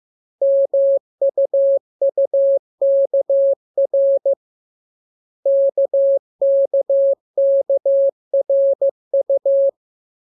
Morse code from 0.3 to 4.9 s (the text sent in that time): MUUKR